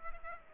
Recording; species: mosquito wingbeat signal from an infrared sensor; Aedes aegypti